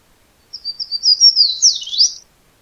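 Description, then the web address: Fan-tailed Warbler delivering one brief bright song, a rapid string of high chips rising in loudness before closing with slurred emphatic notes; otherwise quiet. Recorded at Madera, Arizona, on 27 May 2011. "Other Warblers FTWA Thompson Madera 05272011"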